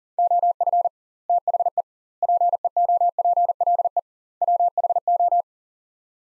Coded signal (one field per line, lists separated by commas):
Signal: Morse code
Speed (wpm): 40 wpm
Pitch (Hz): 700 Hz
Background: none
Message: OF THE PEOPLE WHO